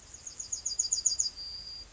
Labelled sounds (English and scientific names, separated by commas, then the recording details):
Yellowhammer (Emberiza citrinella) song
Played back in grassland
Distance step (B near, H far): D
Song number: 160